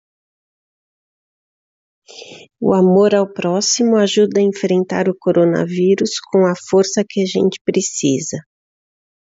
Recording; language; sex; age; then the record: spoken sentence; Brazilian Portuguese; female; 50 to 59 years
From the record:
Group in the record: control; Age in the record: 54 years